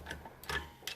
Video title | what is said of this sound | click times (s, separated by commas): Montagem/fechamento do motor VW Brasilia | Yes, 5 Kgf, you hear the click. | 0.9 s